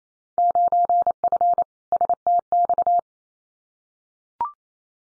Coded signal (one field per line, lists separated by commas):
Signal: Morse code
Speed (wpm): 28 wpm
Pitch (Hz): 700 Hz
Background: none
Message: 9F STX